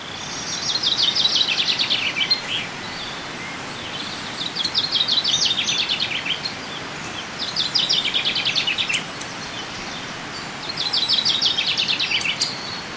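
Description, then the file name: Common chaffinch song: four rapid descending phrases a few seconds apart, over steady noise. "Fringilla coelebs"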